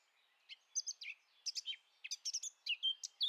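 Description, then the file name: Eurasian blackcap song: scratchy, uneven warbling notes broken by short gaps, with a few clearer whistled notes toward the end. "Sylvia atricapilla"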